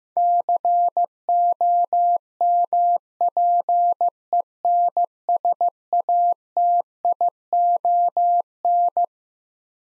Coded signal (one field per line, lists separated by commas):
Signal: Morse code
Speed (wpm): 15 wpm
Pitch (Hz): 700 Hz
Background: none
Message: COMPENSATION